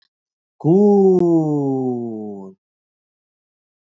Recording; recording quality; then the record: sustained vowel as in boot; excellent, no background noise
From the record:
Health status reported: exposed to COVID-19, no respiratory illness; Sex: male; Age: 31 years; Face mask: worn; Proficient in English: yes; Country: India